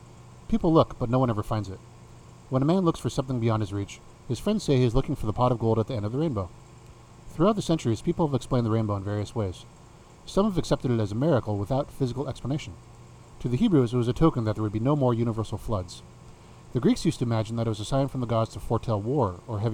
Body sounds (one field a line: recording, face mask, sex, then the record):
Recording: reading aloud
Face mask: none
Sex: male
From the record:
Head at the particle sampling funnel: facing it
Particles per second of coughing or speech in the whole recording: 1.56